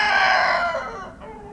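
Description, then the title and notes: Rooster crowing, the loud harmonic tail of a crow holding steady and then sliding down in pitch before fading out. Rooster in a pen at a small farmhouse in Kawcze, gmina Śrem, Wielkopolskie, Poland; intense crowing; recorded on a Roland R-07. "28g, Kawcze, gmina Śrem, powiat śremski, województwo wielkopolskie, 63-100, Polska - rooster in the pen. The intense crowing of a rooster in a small farmhouse. (roland r-07)"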